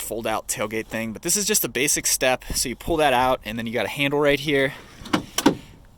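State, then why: Seated. On a 2020 Ford F250 pickup, someone talks while the tailgate step is pulled out and its metal grab handle is extended. The handle snaps into place, locking upright in its extended position with a sharp click at 5.4 s.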